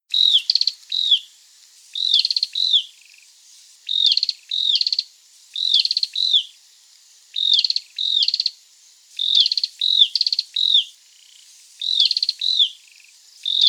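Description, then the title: Cambodian tailorbird calling in loud bursts: down-curving whistled notes mixed with short buzzy stuttered notes, the bursts repeated regularly. "prenjk gnung. Cambodian Tailorbird (Orthotomus chaktomuk)"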